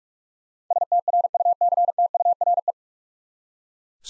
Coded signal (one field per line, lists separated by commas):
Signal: Morse code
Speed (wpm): 42 wpm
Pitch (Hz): 700 Hz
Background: none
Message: STRUCTURE